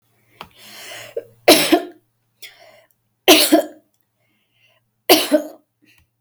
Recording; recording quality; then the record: heavy voluntary cough; excellent, no background noise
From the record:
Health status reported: healthy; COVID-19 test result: negative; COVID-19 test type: RT-PCR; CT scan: not taken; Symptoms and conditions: none ticked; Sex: female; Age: 21 years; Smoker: no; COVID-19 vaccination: one dose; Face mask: not worn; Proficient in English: yes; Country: India